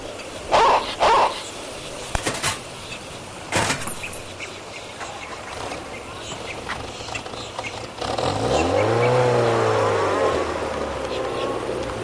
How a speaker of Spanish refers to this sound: Llega a su puerta el carro de turismo que ella considera muy cómodo y propio para el clima, pero que su marido cree poco elegante.